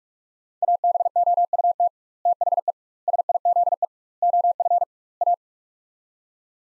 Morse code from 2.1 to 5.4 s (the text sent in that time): THE SIZE OF A